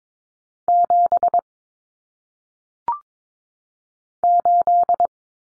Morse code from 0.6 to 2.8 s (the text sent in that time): 7